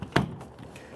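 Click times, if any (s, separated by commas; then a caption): 0.2 s. The plastic lid of a Yakima SkyBox NX 16 rooftop cargo box is closed onto the box base, and its three latching points at the front, back and middle click into place. A sharp, bright latch click sounds at 0.2 s, followed by faint low rattles and quiet background noise. The lid is latched shut.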